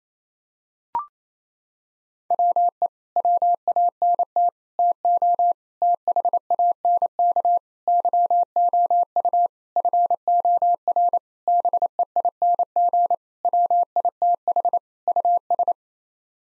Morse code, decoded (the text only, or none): WE WANT TO THANK YOU FOR BEING WITH US